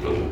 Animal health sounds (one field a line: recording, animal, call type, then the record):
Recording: contact call of a hoofed animal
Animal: pig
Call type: closed-mouth grunt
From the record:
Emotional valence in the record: positive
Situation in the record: food and toys in familiar pen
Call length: 0.33 s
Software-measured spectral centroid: 1490 Hz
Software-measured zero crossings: 990 a second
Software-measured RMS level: -24 dBFS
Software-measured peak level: -17 dBFS